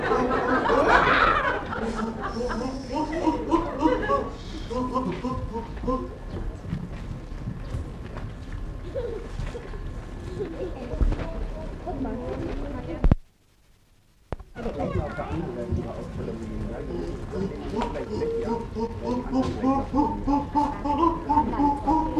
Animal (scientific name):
Pan troglodytes